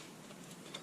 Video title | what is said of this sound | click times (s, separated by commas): Ski Tuning - Part 1 - Cleaning/ Sharpening Edges | that's how that locks in place. Really simple. | 0.8 s